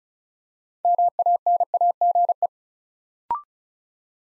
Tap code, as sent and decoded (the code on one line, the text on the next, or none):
none